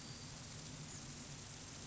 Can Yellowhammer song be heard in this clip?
no